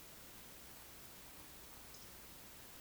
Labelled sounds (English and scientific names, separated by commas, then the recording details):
Eurasian Woodcock (Scolopax rusticola) whistle, Eurasian Woodcock (Scolopax rusticola) croak
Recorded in Baden-Württemberg, Germany, on 31 May 2021 at 20:03 UTC
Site 20675, 466 m above sea level